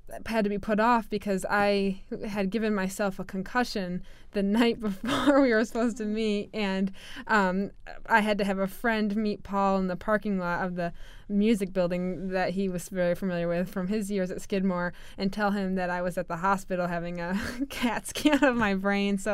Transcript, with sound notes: had to be put off because I had given myself a concussion the night before (she laughs) we were supposed to meet and I had to have a friend meet Paul in the parking lot of the music building, that he was very familiar with from his years at Skidmore, and tell him that I was at the hospital having a (she laughs) CAT scan on my brain.